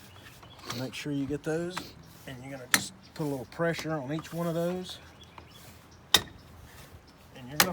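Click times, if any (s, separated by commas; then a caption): 6.1 s, 7.6 s. Headlight retaining clips on a Jeep LED headlight (Axial brand) are lined up and pressed into the headlight housing or bezel while someone talks. Two loud, sharp clicks at 6.2 s and 7.6 s mark the clips snapping into place, seated.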